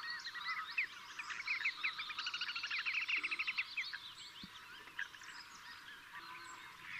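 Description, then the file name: Marsh sandpiper calls, a quick run of short piping notes in the middle, partly buried in a busy chorus of other chirping birds. "Dammsnappa"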